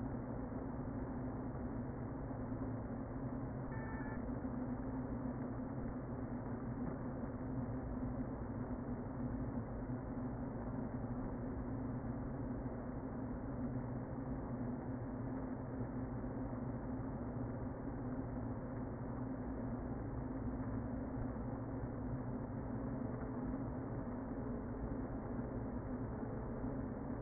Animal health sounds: honeybee colony, microphone inside the hive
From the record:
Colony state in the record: queen present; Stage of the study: before two queens were removed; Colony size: about 60,000 bees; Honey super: yes

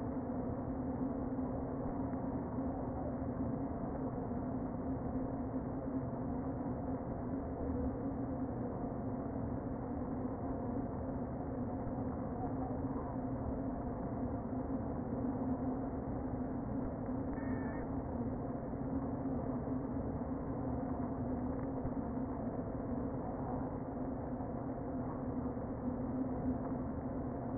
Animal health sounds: honeybee colony, microphone inside the hive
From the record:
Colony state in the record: queen present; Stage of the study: before two queens were removed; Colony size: about 60,000 bees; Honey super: yes

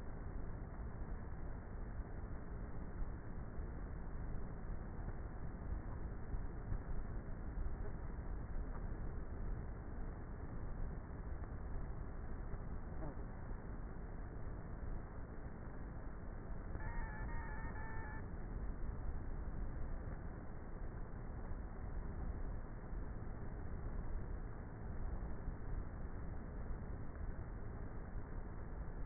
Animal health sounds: honeybee colony, microphone inside the hive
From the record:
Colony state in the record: queenless with a low population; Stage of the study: before two queens were removed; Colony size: about 30,000 bees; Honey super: no

